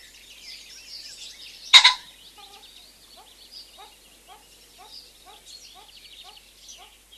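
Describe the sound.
Common pheasant lets out one harsh, explosive double crow, then another bird keeps up soft regularly spaced notes amid high background birdsong.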